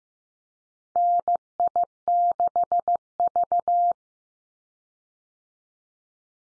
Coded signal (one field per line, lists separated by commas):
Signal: Morse code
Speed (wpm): 15 wpm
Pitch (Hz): 700 Hz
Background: none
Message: NI6V